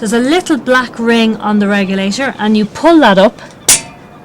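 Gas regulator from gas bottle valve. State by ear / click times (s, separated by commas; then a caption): released / 3.7 s. Someone talks while pulling up the black ring on a gas regulator to release it from the valve of an old gas cylinder. A sharp click at 3.7 s marks the regulator coming off the cylinder.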